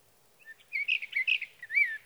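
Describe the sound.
Sage thrasher giving a quick, jumbled warble of slurred whistles and chatter, ending on a falling whistled note.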